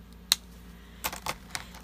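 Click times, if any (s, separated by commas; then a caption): 0.3 s. A plastic cap is pressed onto the barrel of an alcohol blending marker and snaps on with one sharp, bright click at 0.3 s, seating it so air cannot get in. Several softer clicks follow between about 1.1 and 1.6 s over a quiet background hum.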